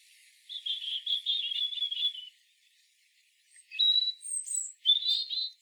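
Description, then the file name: European robin, high thin song: a long trilled phrase, a pause, then shorter sharp notes near the end. "Erithacus rubecula"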